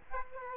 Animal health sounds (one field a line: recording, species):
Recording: mosquito wingbeat signal from an infrared sensor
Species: Aedes aegypti